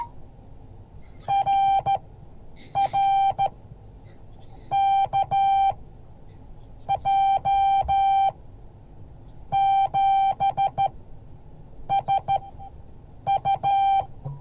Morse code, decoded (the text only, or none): RR KJ7SU